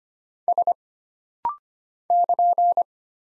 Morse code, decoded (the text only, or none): S <KN>